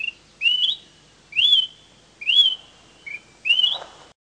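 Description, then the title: Smoke-colored pewee giving sharp rising whistled notes, four strong ones spaced roughly a second apart with a shorter, softer note between the last two. Subspecies zarumae. "LuckyPassaro Completos2Sama. Smoke-colored Pewee (Contopus fumigatus zarumae)"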